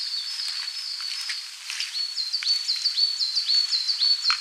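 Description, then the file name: Coal tit song, quick repeated high two-part notes growing louder in the second half, with some faint clicks and rustles underneath. "Parus ater"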